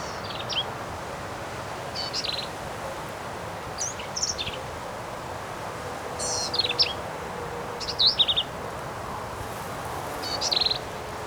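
Black-capped vireo giving repeated short, scratchy, high-pitched phrases every few seconds against a constant hiss.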